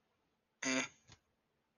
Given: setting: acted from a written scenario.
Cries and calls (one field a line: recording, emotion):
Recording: vocal sound without words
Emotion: neutral